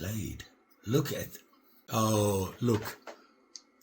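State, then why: Seated. Someone talks while opening the blade of an old folding knife with a locking collar. A sharp tick is heard at 3.6 s as the blade locks open in its handle, confirming it has seated.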